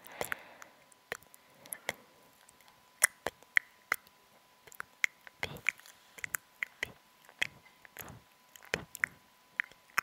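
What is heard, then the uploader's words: Gum being chewed, with wet, sticky clicks and smacks of the mouth coming in irregular bursts, several per second at times, then short pauses. The sounds are sharp and bright against near silence, with a faint steady tone underneath. Chewing Gum. Rode Mic.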